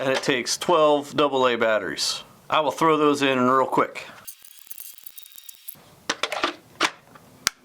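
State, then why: Seated. Someone talks, then short clicks and clatter around 6.1–6.4 s as 12 AA batteries are loaded into the plastic battery tray of a CamoJoJo Trace cellular trail camera. The tray is slid back into the camera body and locks with a sharp click at 7.5 s, confirming it is seated.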